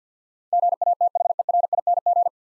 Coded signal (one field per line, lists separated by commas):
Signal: Morse code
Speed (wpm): 52 wpm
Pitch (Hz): 700 Hz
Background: none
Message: GATHERING